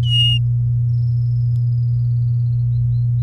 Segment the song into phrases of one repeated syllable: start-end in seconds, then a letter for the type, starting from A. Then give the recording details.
0.03-0.38 A. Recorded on 8 May 2018 at 07:37. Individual llb16